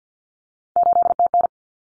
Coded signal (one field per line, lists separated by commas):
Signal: Morse code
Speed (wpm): 50 wpm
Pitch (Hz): 700 Hz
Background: none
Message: 8TN